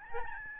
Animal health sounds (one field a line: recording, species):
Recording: mosquito wingbeat signal from an infrared sensor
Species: Aedes albopictus